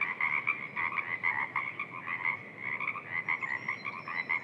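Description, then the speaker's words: Pacific tree frogs in chorus, many rapid croaking calls overlapping continuously, pulsing unevenly in loudness, with a faint high whistle late on. Many calling from a freshwater marsh under an old-growth Sitka spruce and western hemlock canopy, in the park named for Lewis and Clark. "to the Pacific tree frogs, so many calling from the marsh."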